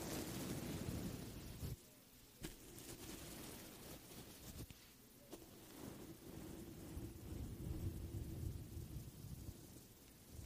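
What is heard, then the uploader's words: Mic scratching on a bare speaker grill, a dense rough rustle with a heavy low rumble that sounds almost like rain and thunder. The scratching pauses briefly near two seconds, then resumes in uneven strokes with sharp clicks around two and a half and five seconds. ASMR THE ULTIMATE MIC TRIGGER TEST on NEW Blue Yeti Pro (mic brushing, mic scratching, no talking). Mic Scratching on Raw Speaker Grill.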